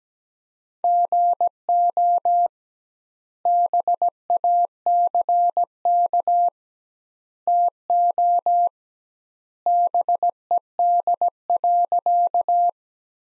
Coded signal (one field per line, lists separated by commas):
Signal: Morse code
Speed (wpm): 17 wpm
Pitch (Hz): 700 Hz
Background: none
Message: GO BACK TO BED.